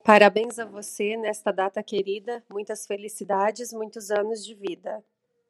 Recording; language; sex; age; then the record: short text; Brazilian Portuguese; female; 30 to 39 years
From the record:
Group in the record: control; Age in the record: 37 years